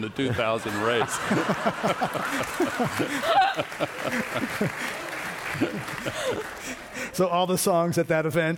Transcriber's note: laughter